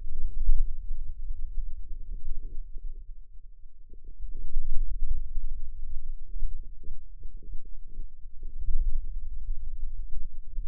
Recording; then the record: forearm muscle sounds (acoustic myography)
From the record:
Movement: hand closing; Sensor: system 2, bracelet of six BSWA MPA416 microphones around the upper forearm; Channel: 1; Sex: female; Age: 21 years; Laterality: right